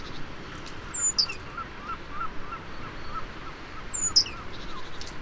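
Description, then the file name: Great tit, two sharp very high notes slurring steeply downward, about three seconds apart, over steady faint background hiss. "Parus major"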